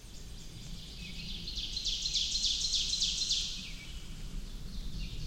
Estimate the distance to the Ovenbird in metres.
about 45 m